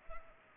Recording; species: mosquito wingbeat signal from an infrared sensor; Culex pipiens